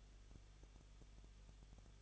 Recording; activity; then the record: daily activity, microphone in the room; no activity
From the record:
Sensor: 4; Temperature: 23.0 degrees Celsius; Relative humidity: 34.3%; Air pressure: 1007.3 hPa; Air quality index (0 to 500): 213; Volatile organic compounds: 14 ppm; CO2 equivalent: 2460 ppm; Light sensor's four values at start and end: 2/3/1/1 and 2/3/1/1